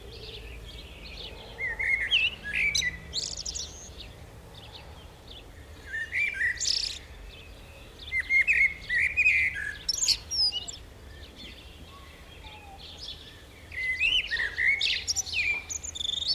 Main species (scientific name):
Turdus merula